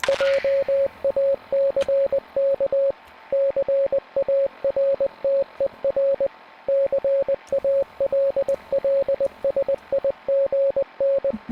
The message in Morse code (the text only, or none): JACK CARTER CALLSIGN